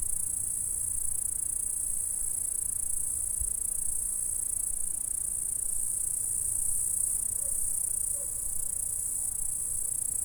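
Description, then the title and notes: Insects stridulate in a constant high, silvery buzz; a single low thump and a couple of faint soft notes appear underneath. "Saint-François-de-Sales, France - insectes. Stridulations dans la prairie. Enregistreur ZoomH4"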